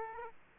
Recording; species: mosquito wingbeat signal from an infrared sensor; Aedes aegypti